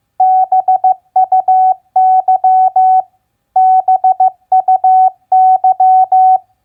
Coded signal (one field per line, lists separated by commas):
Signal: Morse code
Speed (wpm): 15 wpm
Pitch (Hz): 750 Hz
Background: none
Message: BUY BUY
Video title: Morse Code Practice Word Recognition WR8a BUY-CUT-PVC 15wpm